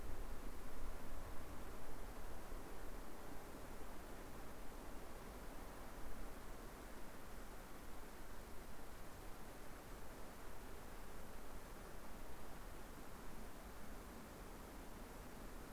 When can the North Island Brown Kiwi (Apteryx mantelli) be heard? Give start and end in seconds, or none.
none